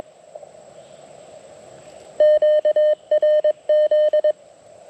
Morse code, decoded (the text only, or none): QRZ